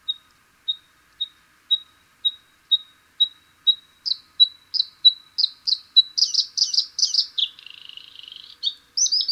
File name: Gorgebleue-à-miroir-Luscinia-svecica